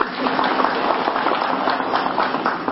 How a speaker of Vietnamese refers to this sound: Hãy cho một tràng pháo tay.